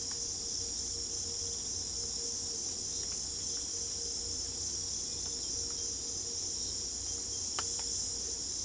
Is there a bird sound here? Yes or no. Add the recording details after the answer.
no. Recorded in pastures near Puerto Asís, Putumayo, Colombia, on 22 December 2024 at 04:00. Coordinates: 0.487, -76.322. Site GP09